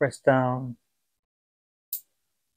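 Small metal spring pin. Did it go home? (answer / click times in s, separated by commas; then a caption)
yes / 1.9 s. Someone talks briefly as a watch strap end with a quick-release spring pin, retracted by its metal pull-down tab, is located into the lug of a QX11 military smartwatch with a 420 mAh battery and pressed down. After a second of silence, a sharp, short click sounds at 1.9 s as the pin snaps into the lug hole, and the strap is seated.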